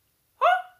Croup is a cough that kind of sounds like a seal that's barking.